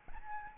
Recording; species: mosquito wingbeat signal from an infrared sensor; Aedes albopictus